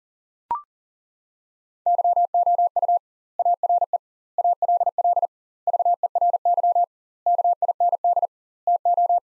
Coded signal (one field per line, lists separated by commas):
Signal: Morse code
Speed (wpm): 40 wpm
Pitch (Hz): 700 Hz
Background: none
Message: YOU ARE ALL VERY KIND TO